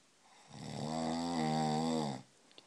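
A single drawn-out snore from a sleeping man, a familiar noise that recurs every single night.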